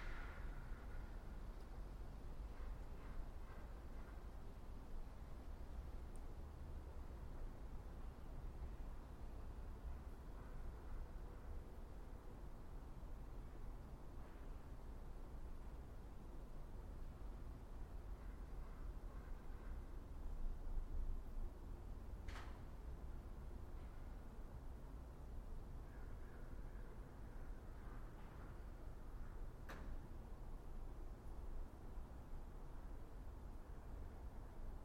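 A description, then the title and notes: Ambience at a mausoleum in Piedmont, CA: a steady low rumble, like distant traffic or a passing aircraft, holds throughout. A faint tone sounds early on, and sharp clicks or taps break through near 22 and 30 seconds. Mausoleum - Piedmont, CA. Zoom H6 XY Stereo Mic Capsule. Unbranded Mini Mic Stand. Magnetic Microphone Mounts.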